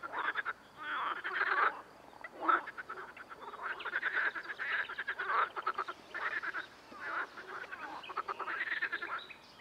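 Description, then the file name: Amphibians croaking in irregular rattling bursts of varying length, overlapping callers with brief quieter gaps. Amphibian ambience. "AMBAmphibiens"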